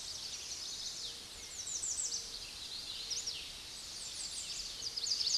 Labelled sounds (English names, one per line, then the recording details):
American Redstart song
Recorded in a Pennsylvania forest on 16 May 2024 at 06:12
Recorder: AudioMoth, point MSD-1401
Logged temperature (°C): 16.4 °C
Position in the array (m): 92 m, 206 m